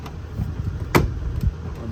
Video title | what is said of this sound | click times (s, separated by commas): 2004 VW Jetta - Blower motor and resistor replacement | that pops in just like that and that will actually hold it while you put the screws back in | 0.9 s